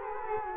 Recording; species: mosquito wingbeat signal from an infrared sensor; Culex quinquefasciatus